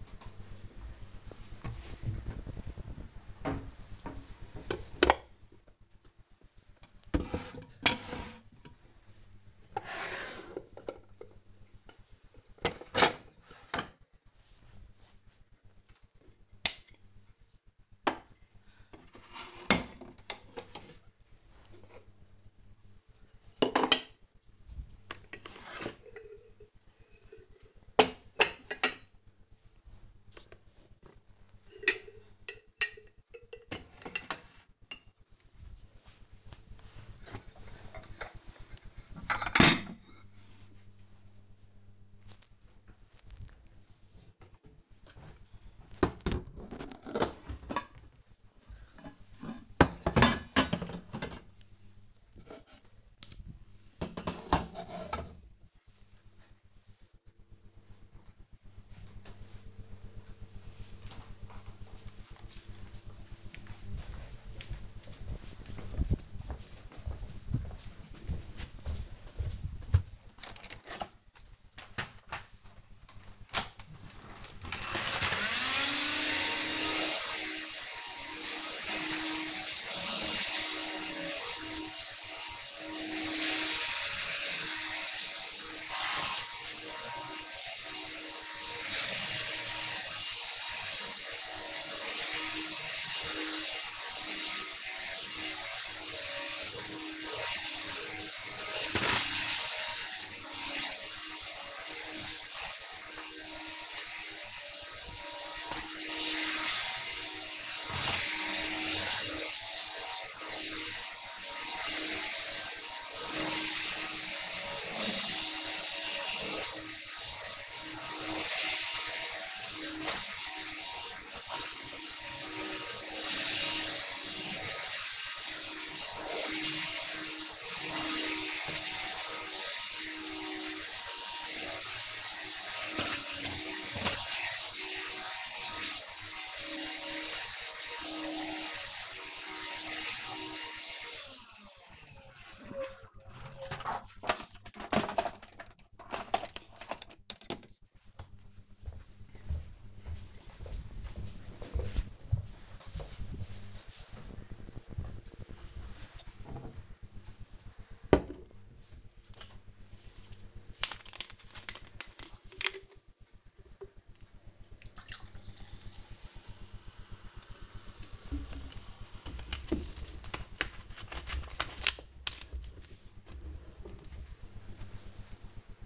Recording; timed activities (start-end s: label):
household activities, microphone on the right wrist
0.00-58.87 s: putting away the dishes
72.94-141.32 s: vacuum cleaning
158.45-175.86 s: drinking